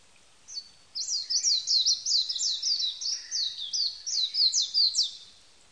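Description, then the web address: Japanese white-eye song: a rapid, high-pitched warbling run of sweet, tumbling notes lasting several seconds. Recorded 11 April 1998. "1998 980411 mejiro"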